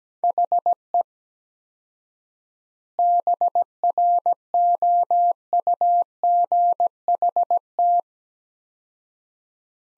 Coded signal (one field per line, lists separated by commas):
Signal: Morse code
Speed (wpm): 17 wpm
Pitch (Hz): 700 Hz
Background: none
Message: HE BROUGHT